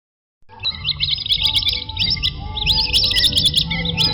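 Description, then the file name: Spotted whistling duck giving dense, overlapping high whistled squeaks and twitters, rapid and continuous, with a steady low rumble underneath. "audio burung belibis totol omkicau"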